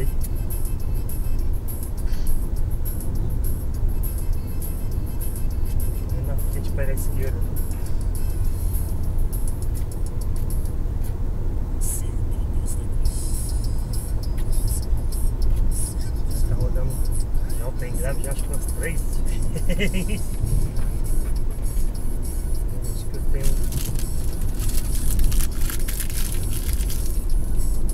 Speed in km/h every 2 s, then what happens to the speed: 74, 75, 76, 78, 78, 81, 82, 83, 82, 80, 77, 74, 73, 71.
0-15 speeds up to 83. 15-28 slows to 71.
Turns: none.